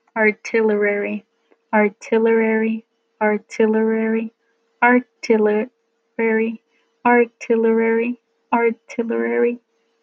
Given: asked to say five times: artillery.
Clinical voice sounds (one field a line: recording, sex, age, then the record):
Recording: repeated word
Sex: female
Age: 20 to 29 years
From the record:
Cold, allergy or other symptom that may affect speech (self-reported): no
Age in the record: 27 years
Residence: California, United States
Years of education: 16